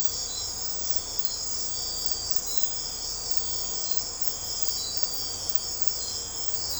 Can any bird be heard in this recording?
no